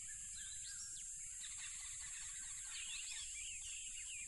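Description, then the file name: Crickets in a steady high-pitched droning chorus throughout, with bird-like whistled swoops and chirps weaving over it and a low rumble underneath. Loud crickets by a tropical river. "smartsound. Tropical River Loud Crickets"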